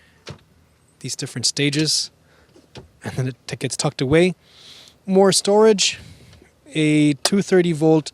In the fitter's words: there's a nice click between